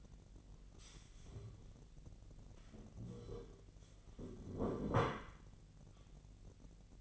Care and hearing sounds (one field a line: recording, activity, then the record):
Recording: daily activity, microphone in the room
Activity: stand up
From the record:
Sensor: 4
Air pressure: 1002.4 hPa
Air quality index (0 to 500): 248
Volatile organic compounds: 36 ppm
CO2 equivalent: 3082 ppm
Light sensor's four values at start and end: 11/24/10/10 and 11/24/10/10